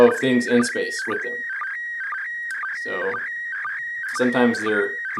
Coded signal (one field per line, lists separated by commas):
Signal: SSTV (slow-scan television)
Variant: PD 120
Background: speech